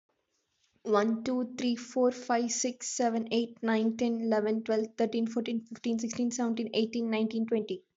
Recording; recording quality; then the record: counting at a fast pace; excellent, no background noise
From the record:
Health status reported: healthy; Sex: female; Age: 20 years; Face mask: not worn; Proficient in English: yes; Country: India